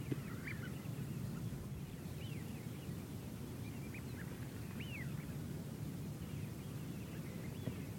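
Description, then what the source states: Eurasian wigeon giving soft whistled squeals, several short rising-and-falling notes scattered through, faint against a steady rumble of wind. Soft squeals of wigeon on the Ribble estuary marshes, Lancashire, from the sea defence between estuary and farmland; bright, breezy February mid-morning.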